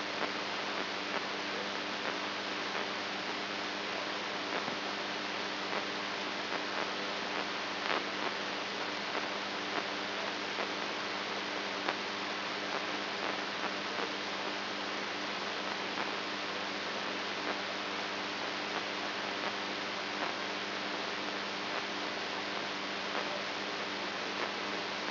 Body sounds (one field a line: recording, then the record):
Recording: brain microelectrode recording played as sound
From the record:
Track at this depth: inside the subthalamic nucleus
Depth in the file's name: 3.32 mm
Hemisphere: right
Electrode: 2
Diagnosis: Parkinson's disease